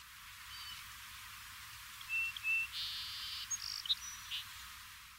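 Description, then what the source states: Song sparrow song: a few short clear introductory notes, then a brief buzzy trill and quick varied closing notes, soft against steady hiss. The Cherokee name See Iksowa imitates this song.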